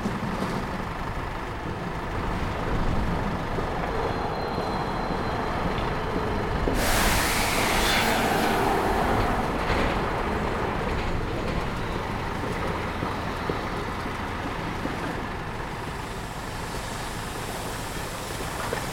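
Street sound by a university's south gate while waiting for someone: a dense, steady rumble of passing traffic fills the whole stretch. Around seven to ten seconds a louder vehicle sweeps by with a bright hiss, then the scene settles back into the continuous low city roar.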